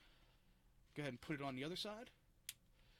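Someone talks, then a second detachable plastic controller is slid onto the other side rail of a Nintendo Switch handheld console. It latches with a single sharp click at 2.5 s, and the controller is seated.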